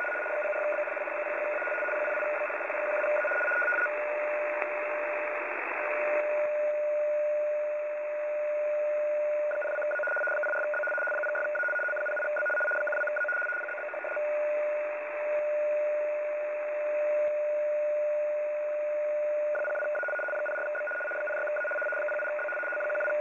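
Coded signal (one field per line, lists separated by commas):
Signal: RTTY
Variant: 75 baud, 850 Hz shift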